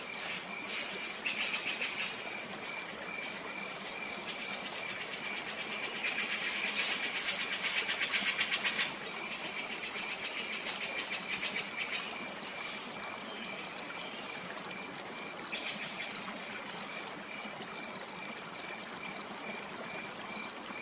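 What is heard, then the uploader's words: Rainforest sounds: a dense, steady bed of insect and cricket trilling with a continuous rushing hiss underneath. Regular chirps pulse high throughout, and a brighter, louder buzzing swell rises around seven to nine seconds, with sharp high clicks near eight to eleven seconds. 3hrs of Rainforest Sounds for Sleep, Relax, Cure Insomnia.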